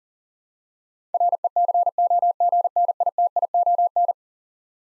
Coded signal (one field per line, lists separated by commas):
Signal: Morse code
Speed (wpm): 40 wpm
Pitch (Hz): 700 Hz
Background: none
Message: RECOGNITION